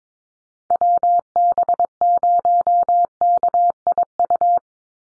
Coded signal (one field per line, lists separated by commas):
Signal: Morse code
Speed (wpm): 22 wpm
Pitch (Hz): 700 Hz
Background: none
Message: WB0KIU